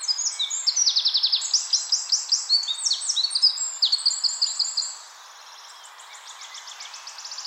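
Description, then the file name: Eurasian wren pouring out a fast, high-pitched song of tinkling notes and rattled trills for about five seconds, then a quieter high trill follows. "Troglodytes troglodytes"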